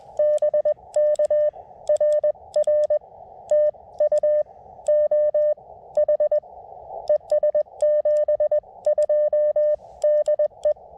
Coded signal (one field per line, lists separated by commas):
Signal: Morse code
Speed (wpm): 21 wpm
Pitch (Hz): 1800 Hz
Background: none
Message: BK RR TU OH ES 72 DE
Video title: CW POTA at new to me K-5297 Skyline Drive State Forest